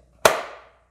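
A handgun is pushed into a polymer Kydex-style IWB holster (Vedder LightDraw) held close to the mic until it locks into place, with a firm, very positive lock. Out of near silence, a single sharp, loud click snaps at 0.3 s, its bright ringing tail fading out by about 0.7 s. The pistol is locked securely in the holster.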